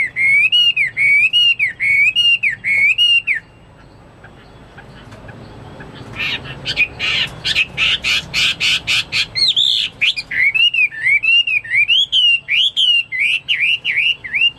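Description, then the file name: Chinese hwamei song with looping, wavering whistles repeated in series, a brief pause, then rapid buzzy notes and more rolling whistled phrases. "omkicau hwamei"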